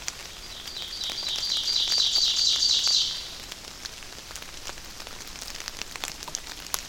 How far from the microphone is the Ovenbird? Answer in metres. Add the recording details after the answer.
about 25 m. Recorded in boreal forest in Alberta, Canada, on 28 May 2016 at 08:55. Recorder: SongMeter 3, array SBT-3-49. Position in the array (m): 54 m, 148 m. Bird 15